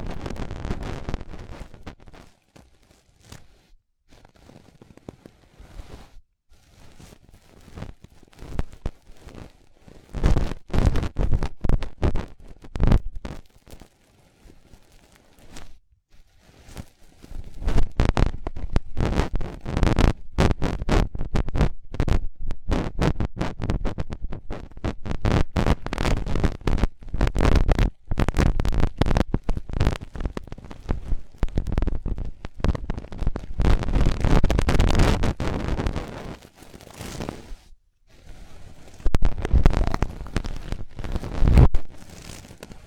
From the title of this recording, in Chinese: 3D颅内直升机 穿过大脑的强力掏耳